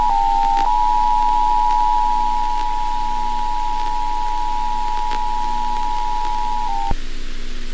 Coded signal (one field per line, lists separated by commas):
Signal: Emergency Alert System (SAME) tones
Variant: 853 and 960 Hz attention tone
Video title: TMYKs mini EAS Scenario 2009 tornado warning (REUPLOAD)